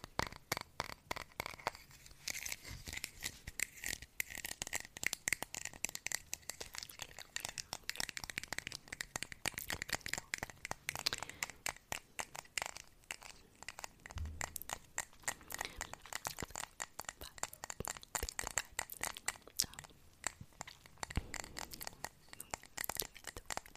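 Soft unintelligible whispering mixes with mouth sounds and tapping, a dense run of quick, crisp clicks and crinkles that continues without pause for the whole stretch. The sound stays mostly bright and papery, with a few brief low thumps around fourteen and twenty-one seconds.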